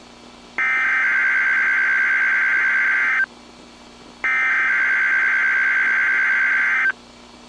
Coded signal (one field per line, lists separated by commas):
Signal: Emergency Alert System (SAME) tones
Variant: header bursts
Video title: Another Successful Required Weekly Test on KEC76 (EAS #55)